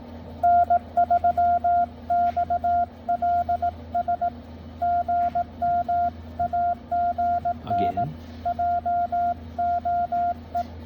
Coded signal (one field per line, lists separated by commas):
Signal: Morse code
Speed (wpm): 18 wpm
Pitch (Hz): 700 Hz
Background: radio noise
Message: N3XLS GM AGN JOE